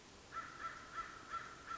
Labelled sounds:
American Crow (Corvus brachyrhynchos)
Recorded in Sonoma County, California

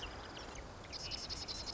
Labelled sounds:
Marsh Wren (Cistothorus palustris)
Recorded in Sonoma County, California

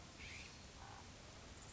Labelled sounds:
California Scrub-Jay (Aphelocoma californica)
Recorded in Sonoma County, California

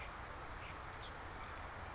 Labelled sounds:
Oak Titmouse (Baeolophus inornatus)
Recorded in Sonoma County, California

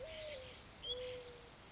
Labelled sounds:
Mourning Dove (Zenaida macroura)
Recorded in Sonoma County, California

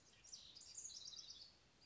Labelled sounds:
House Wren (Troglodytes aedon)
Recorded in Sonoma County, California

